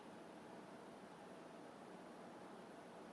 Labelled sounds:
none
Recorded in France

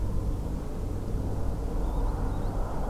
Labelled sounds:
Green Sandpiper
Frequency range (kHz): Green Sandpiper 3.2-5.0 kHz
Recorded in France

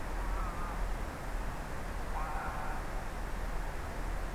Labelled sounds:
Greylag Goose
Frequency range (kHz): Greylag Goose 0.6-2.6 kHz
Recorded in France

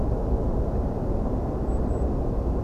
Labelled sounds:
Goldcrest
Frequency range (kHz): Goldcrest 7.6-8.2 kHz
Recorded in France

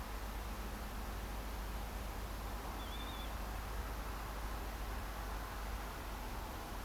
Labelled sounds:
Northern Lapwing
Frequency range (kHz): Northern Lapwing 2.8-4.4 kHz
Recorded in France

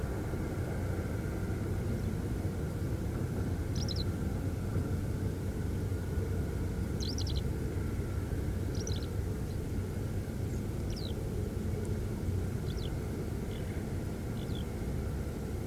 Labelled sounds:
Eurasian Skylark
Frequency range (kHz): Eurasian Skylark 2.1-7.2 kHz
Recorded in France

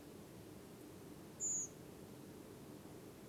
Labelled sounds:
Redwing
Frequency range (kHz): Redwing 6.0-7.5 kHz
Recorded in France

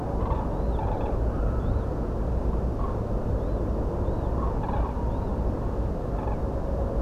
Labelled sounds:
Common Crane
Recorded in France

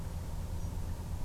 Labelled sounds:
European Robin
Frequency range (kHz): European Robin 5.7-6.7 kHz
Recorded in France

